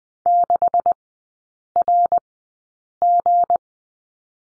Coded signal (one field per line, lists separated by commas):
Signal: Morse code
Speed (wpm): 20 wpm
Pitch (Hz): 700 Hz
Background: none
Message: 6RG